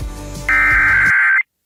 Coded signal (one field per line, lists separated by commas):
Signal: Emergency Alert System (SAME) tones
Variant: header bursts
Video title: SVR GALORE 9: MRGL RISK MANIA... EAS Alerts from 7/10/23 - 7/11/23 (EAS #2,651 - 2,680)